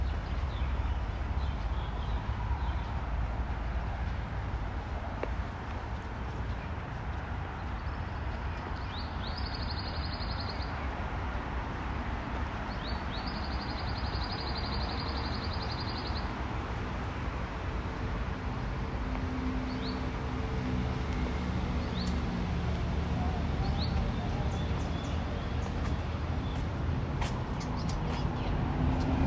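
A walk through Ramat Aviv, Israel, with a steady, dense wash of low traffic rumble holding even throughout. Brief high bird chirps break through around ten and fifteen seconds, and a few faint clicks and voices surface later.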